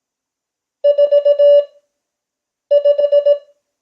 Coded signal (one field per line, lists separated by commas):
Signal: Morse code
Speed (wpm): 18 wpm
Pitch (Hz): 580 Hz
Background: none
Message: 45